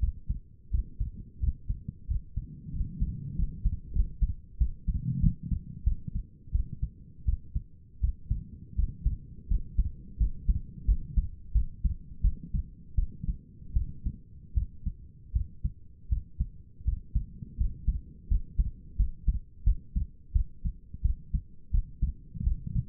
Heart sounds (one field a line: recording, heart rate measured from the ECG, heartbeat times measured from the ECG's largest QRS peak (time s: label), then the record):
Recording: heart sounds by stethoscope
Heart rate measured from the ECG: 86 bpm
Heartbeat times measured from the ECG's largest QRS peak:
0.71 s: heartbeat
1.40 s: heartbeat
2.08 s: heartbeat
2.73 s: heartbeat
3.36 s: heartbeat
3.93 s: heartbeat
4.58 s: heartbeat
5.21 s: heartbeat
5.84 s: heartbeat
6.52 s: heartbeat
7.25 s: heartbeat
8.01 s: heartbeat
8.76 s: heartbeat
9.48 s: heartbeat
10.18 s: heartbeat
10.86 s: heartbeat
11.53 s: heartbeat
12.22 s: heartbeat
12.96 s: heartbeat
13.74 s: heartbeat
14.54 s: heartbeat
15.33 s: heartbeat
16.09 s: heartbeat
16.85 s: heartbeat
17.58 s: heartbeat
18.28 s: heartbeat
18.97 s: heartbeat
19.64 s: heartbeat
20.33 s: heartbeat
21.02 s: heartbeat
21.71 s: heartbeat
22.44 s: heartbeat
From the record:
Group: healthy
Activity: rest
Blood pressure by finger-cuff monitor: 135/87 mmHg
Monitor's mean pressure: 100 mmHg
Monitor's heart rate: 86 bpm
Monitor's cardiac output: 6.1 L/min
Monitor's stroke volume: 72 mL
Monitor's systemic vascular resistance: 1180 dyn s/cm5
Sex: female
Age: 37 years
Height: 168 cm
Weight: 70 kg